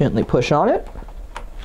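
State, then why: Seated. Someone talks while a DDR3 server memory module is pushed down into the DIMM slot on the motherboard of a Dell PowerEdge R510 server. A short, sharp click at 1.4 s marks the plastic retention latches snapping closed, and the module is seated.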